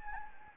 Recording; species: mosquito wingbeat signal from an infrared sensor; Anopheles gambiae